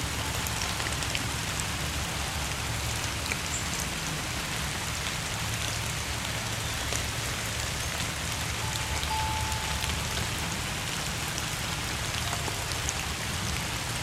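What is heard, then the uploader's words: Falling raindrops patter steadily throughout, a dense, even hiss with countless tiny taps and no letup. A faint low rumble sits underneath, and a single thin, brief tone rises out of the rain around the middle of the clip. Xylophone in the Rain. Falling raindrops and the soft chimes of a xylophone. This instrument left out in a gentle downpour becomes a conduit for organic expression.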